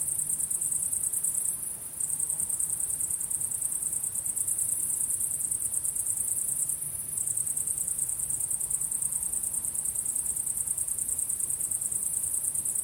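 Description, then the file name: Cricket chorus of shrill, fast-pulsing chirps that holds steady throughout, with two short breaks in the trill and a soft low hum underneath. Crickets chirping at sunset. "syrsor solnedgang"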